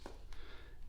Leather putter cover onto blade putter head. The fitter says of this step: So when I go to put this on there now, it will almost just go to that little slot every single time and snap in place.